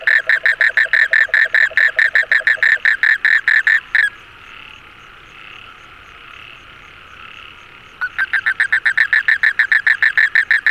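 Frog giving rapid rasping pulses. The calling stops for about four seconds, leaving a faint hum, then resumes at the same quick rate.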